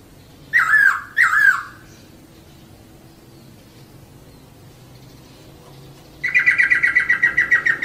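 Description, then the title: Laughingthrush song: two loud, descending whistled notes, a long pause, then a fast run of repeated whistled notes. Long rolling song (ngeroll panjang), used to train cage birds. "KICAU BURUNG POKSAY NGEROLL PANJANG"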